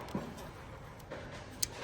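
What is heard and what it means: An assembled plastic multi-pin wiring plug is pushed into its mating socket on the steering control wiring of a DIY RTK auto-steer setup on an old Massey tractor. Low background rumble and a few faint taps lead up to a single sharp click at 1.6 s. The plug is seated in the socket.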